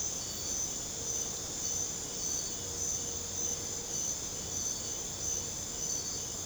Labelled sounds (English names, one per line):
none